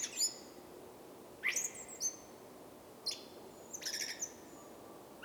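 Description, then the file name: Common blackbird song, mostly its high scratchy twittering: several brief squeaky bursts at irregular intervals over soft background hiss. "Turdus merula"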